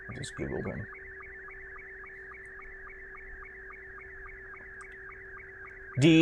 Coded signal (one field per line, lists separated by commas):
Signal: SSTV (slow-scan television)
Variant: Scottie 2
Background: speech